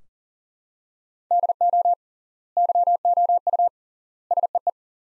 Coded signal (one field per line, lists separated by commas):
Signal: Morse code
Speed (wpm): 40 wpm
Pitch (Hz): 700 Hz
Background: none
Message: DO YOU SEE